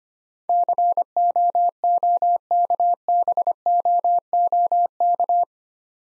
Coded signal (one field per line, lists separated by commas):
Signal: Morse code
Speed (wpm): 25 wpm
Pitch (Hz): 700 Hz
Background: none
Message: COOKBOOK